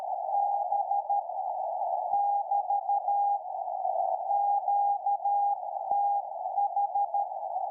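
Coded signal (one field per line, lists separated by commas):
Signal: Morse code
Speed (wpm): 12 wpm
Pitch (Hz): 810 Hz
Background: none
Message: B <BT> QTH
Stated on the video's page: Homemade programmable QRP beacon, 1 W on 3.579 MHz, inverted-V antenna tuned for 3.58 MHz, received in Czech Republic via web-SDR.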